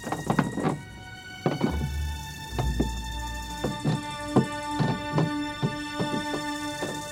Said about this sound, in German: Da hörte Parker schwere Schritte die Stufen heraufkommen.